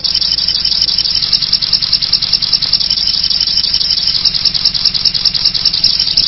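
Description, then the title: Little spiderhunter calls: a fast, steady run of sharp high notes continuing throughout, with no other clear sounds. Bird-luring sound (pikatan). "master pikatan burung sogok ontong"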